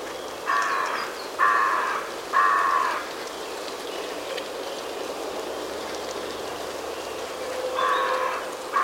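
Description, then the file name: Carrion crow giving three harsh, rasping caws in quick succession, then a long pause before one more caw and the start of another at the very end, over a steady background hiss. "Corvus corone"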